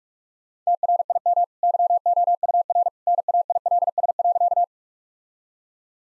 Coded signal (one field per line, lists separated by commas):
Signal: Morse code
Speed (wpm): 46 wpm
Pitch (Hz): 700 Hz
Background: none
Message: TRIM YOUR NAILS.